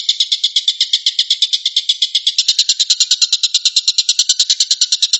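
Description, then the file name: Stork-billed kingfisher rattling rapidly, a harsh pulsed chatter that continues without pause and grows slightly broader in tone halfway through. Rapid "shooting" call, locally called tembakan. "suara tembakan tengkek buto"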